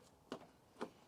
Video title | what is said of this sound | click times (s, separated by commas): Installing a NEW set of locks on my MK2 Golf | nice and secure, gives a nice click. | 0.3 s